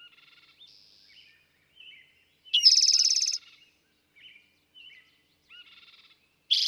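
Eastern towhee song: a loud, buzzy, rapid trill after a short upslurred note, another starting at the end, with faint thin whistles and chips between.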